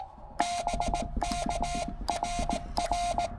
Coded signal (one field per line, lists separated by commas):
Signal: Morse code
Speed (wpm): 18 wpm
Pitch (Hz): 700 Hz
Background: none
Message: BK RR